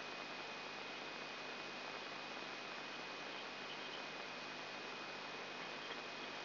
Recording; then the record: brain microelectrode recording played as sound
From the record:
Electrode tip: outside the subthalamic nucleus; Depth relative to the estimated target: 3 mm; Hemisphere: right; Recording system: AlphaMap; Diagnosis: Parkinson's disease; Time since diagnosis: 8 years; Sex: female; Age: 37 years